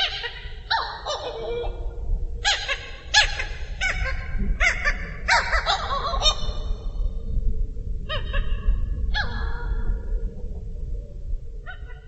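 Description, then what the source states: Hawaiian petrel calling repeatedly: a rapid series of rough, yelping harmonic notes, some falling in pitch, over a low rumbling background. Recorded in Haleakala National Park.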